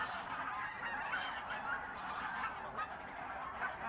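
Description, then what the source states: Goose: geese honking together in a thick chorus, with a few clearer individual calls standing out above the constant babble. Birds in a renaturalised area at Polder Glies, Sellstedt, Germany, 9 November 2020; binaural ORTF pair of t.bone SC 140 microphones with Rycote windjammer, TASCAM DR100 MK3 recorder.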